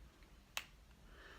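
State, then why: Seated. A plastic precision applicator tip on an Exalt Vitamin G paintball lube bottle is twisted or pushed into its ready position. A single sharp, bright click sounds at 0.6 s over faint background noise. The applicator clicks into place and is ready to use.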